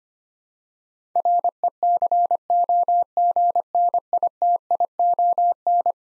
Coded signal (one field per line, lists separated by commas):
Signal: Morse code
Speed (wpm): 25 wpm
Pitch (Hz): 700 Hz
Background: none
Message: RECOGNITION